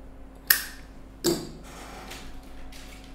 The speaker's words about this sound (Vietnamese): Chết mẹ, bật lửa hết ga rồi.